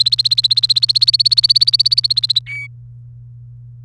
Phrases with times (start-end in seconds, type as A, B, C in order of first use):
0.00-2.39 A, 2.46-2.67 B